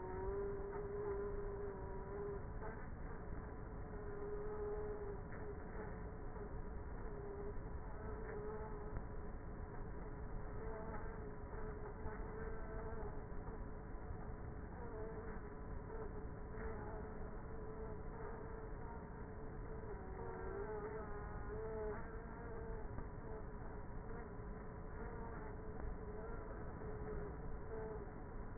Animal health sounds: honeybee colony, microphone inside the hive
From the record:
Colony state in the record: queenless with a low population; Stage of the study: before two queens were removed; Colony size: about 30,000 bees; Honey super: no

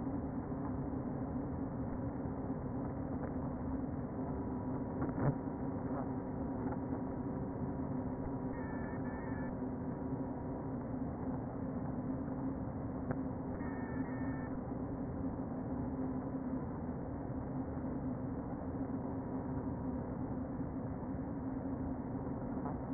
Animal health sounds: honeybee colony, microphone inside the hive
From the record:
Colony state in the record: queen present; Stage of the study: before two queens were removed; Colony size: about 60,000 bees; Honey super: yes

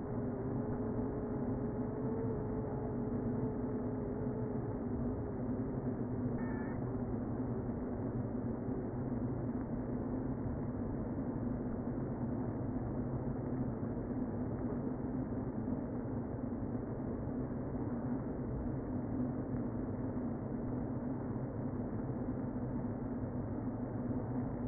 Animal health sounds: honeybee colony, microphone inside the hive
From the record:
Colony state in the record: queen present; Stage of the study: before two queens were removed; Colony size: about 60,000 bees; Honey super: yes

